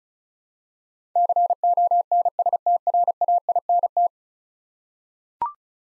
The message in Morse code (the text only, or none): CONSTRAINT